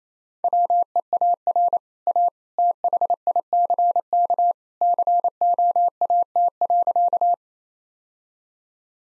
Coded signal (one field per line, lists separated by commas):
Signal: Morse code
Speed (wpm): 28 wpm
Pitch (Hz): 700 Hz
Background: none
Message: WEAR A THICK COAT.